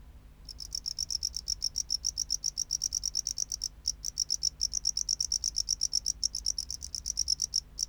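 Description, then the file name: Tropical house cricket song: starts after a brief pause, then fast, high chirps repeat without stopping, with a couple of tiny breaks. "Bio Acoustica. Gryllodes sigillatus"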